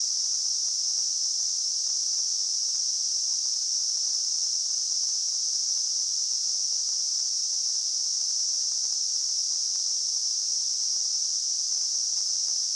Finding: Tinnitus.